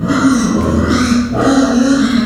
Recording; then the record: squeal of a Yucatan mini pig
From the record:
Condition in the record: after surgery on the right vocal fold (resection and tissue-engineered implant); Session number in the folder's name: 6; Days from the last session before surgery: 40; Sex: female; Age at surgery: 19 weeks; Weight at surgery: 25 kg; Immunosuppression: prednisolone